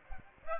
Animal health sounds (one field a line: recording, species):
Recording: mosquito wingbeat signal from an infrared sensor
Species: Aedes aegypti